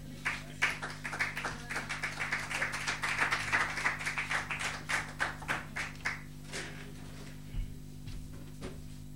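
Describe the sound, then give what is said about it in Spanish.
An audience at a poetry evening claps for two guests in a dense, steady burst for about six seconds, then it thins to a few scattered claps. The applause is fairly soft, with a low steady hum beneath it. “Otra vez, fuertísimo el aplauso para Manu y para Santi.”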